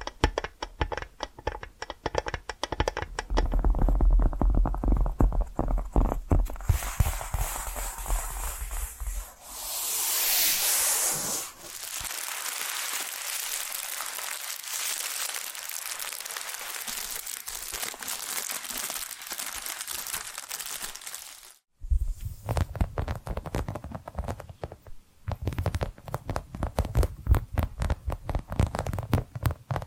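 Tapping and scratching sounds come in dense, rapid clusters of crisp clicks, with a low thumping rumble under the first few seconds. Around ten seconds a smoother rubbing swell takes over, then fine steady scratching runs until a brief silence near twenty-two seconds before the tapping resumes.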